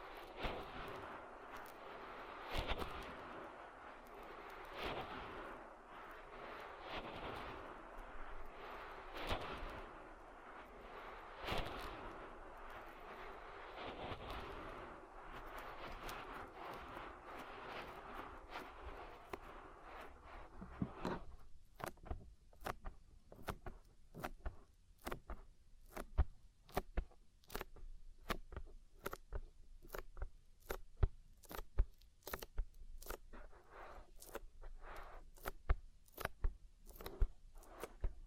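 Oily ear massage with dense, smeary squelching rubs for twenty seconds, then sharp separate wet clicks and pops arriving quickly and irregularly.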